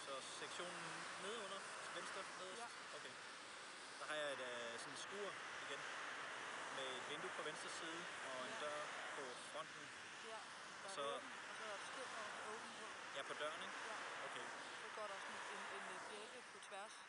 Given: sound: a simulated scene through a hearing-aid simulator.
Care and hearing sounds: conversation; traffic; 0 dB SNR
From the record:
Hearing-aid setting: II (fast-acting compression, audibility-based gain, advanced features for about 2.5 dB of SNR improvement); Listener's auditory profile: D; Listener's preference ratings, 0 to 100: 32, 30, 11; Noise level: 75 dB SPL

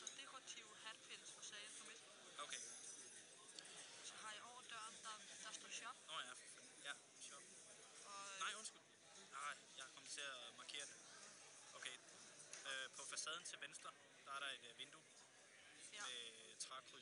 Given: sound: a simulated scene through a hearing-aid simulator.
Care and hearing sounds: conversation; cafeteria; +4 dB SNR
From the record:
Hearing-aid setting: IV (slow-acting compression, loudness normalization); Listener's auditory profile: B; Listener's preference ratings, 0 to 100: 81, 68, 66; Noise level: 65 dB SPL

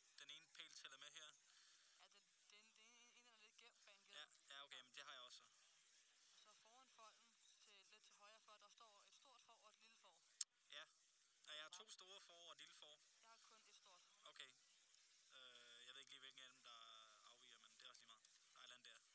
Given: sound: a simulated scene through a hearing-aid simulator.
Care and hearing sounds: conversation; quiet; 55 dB SPL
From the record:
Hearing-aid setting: II (fast-acting compression, audibility-based gain, advanced features for about 2.5 dB of SNR improvement); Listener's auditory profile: C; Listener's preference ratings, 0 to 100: 50, 29, 45

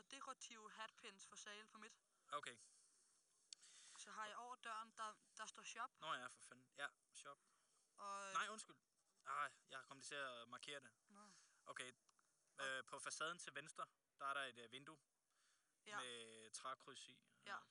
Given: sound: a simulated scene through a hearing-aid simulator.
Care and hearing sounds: conversation; quiet; 75 dB SPL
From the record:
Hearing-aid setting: IV (slow-acting compression, loudness normalization); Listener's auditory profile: A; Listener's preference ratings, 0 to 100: 97, 97, 94

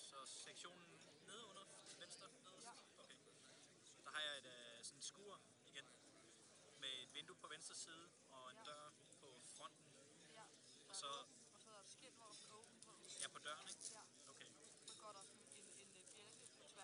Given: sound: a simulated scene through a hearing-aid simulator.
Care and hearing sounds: conversation; cafeteria; 0 dB SNR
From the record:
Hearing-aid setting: standard clinical setting (NAL); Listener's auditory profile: D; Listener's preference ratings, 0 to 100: 58, 74, 79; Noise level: 65 dB SPL

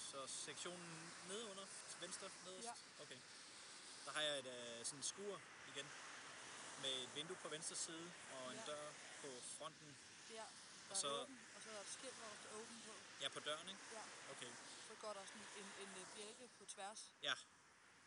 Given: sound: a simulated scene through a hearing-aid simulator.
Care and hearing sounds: conversation; traffic; +4 dB SNR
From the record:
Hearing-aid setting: standard clinical setting (NAL); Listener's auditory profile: C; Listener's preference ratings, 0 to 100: 69, 70, 73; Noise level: 75 dB SPL

